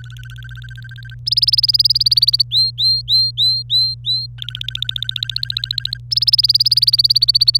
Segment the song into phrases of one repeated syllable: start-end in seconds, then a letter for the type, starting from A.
0.00-1.15 A, 1.26-2.42 B, 2.51-4.26 C, 4.38-5.98 A, 6.11-7.57 B